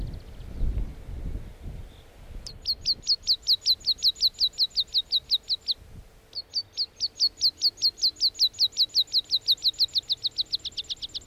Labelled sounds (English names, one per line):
Meadow Pipit